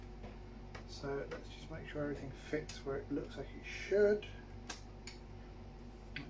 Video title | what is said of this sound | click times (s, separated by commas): Range Rover P38 Clarion CD Changer service | a nice positive click | 4.7 s, 6.2 s